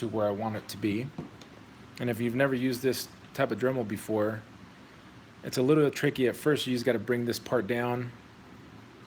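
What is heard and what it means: An accessory part is being brought down into position on a small Dremel rotary tool while someone talks. Only speech is heard over a low steady background hum, with no distinct click. The part has not seated or locked into place yet.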